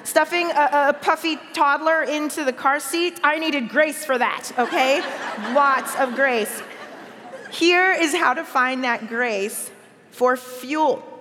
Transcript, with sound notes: Stuffing a puffy toddler into the car seat, I needed lots of grace for that. (laughter) Okay? Lots of grace. Here is how to find that grace for fuel: